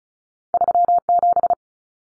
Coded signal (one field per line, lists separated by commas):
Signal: Morse code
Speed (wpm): 36 wpm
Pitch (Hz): 700 Hz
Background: none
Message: 37